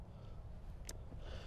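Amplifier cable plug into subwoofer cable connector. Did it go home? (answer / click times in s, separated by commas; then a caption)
yes / 0.9 s. During a Rockford Fosgate Stage 5 install in a 2018–2023 Jeep JL Wrangler, an amplifier cable run under the carpet is plugged into the subwoofer cable connector. A single sharp click at 0.9 s rises above a low, steady background rumble. The connector is seated.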